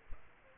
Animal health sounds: mosquito wingbeat signal from an infrared sensor; Aedes aegypti

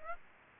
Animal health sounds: mosquito wingbeat signal from an infrared sensor; Aedes aegypti

